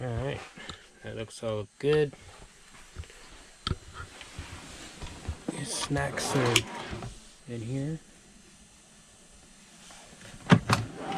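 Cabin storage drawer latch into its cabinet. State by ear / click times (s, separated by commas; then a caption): seated / 10.5 s, 10.7 s. Someone talks while a cabin snack storage drawer in a Pilatus PC-24 is closed and latched into its cabinet. Two sharp clicks at 10.5 s and 10.7 s mark the latch locking in place. It is seated, so, unlike in the PC-12, the contents won't fly out.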